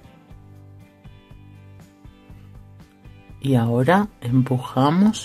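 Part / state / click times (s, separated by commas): jewelry box clasp tongue into clasp housing / not seated / none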